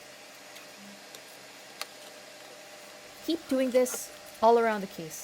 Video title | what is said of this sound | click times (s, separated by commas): HP Pavilion x360 Battery Replacement - 14-DH1063TX | Insert the pry tool, then gently twist it until you hear a click as the clip releases. | 1.8 s